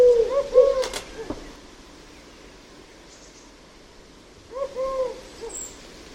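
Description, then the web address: Bird calls in two bursts of low, slightly wavering hooted notes, one group at the start with a sharp click, another near five seconds, over quiet background. "Deverinetal 2025 File origin Bird Only"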